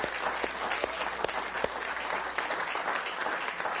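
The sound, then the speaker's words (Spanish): Steady audience applause for Venezuela's national baseball team, a dense wash of many hands clapping at a fairly even level for a few seconds, with a few sharper individual claps standing out and no one speaking. “Vamos a darle un aplauso a la selección mundial nacional de béisbol.”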